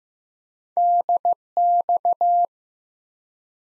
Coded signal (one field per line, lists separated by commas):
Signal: Morse code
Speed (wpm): 15 wpm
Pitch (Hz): 700 Hz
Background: none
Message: DX